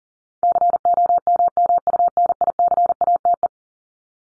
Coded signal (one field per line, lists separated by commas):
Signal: Morse code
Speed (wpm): 37 wpm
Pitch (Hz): 700 Hz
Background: none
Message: COMMUNICATE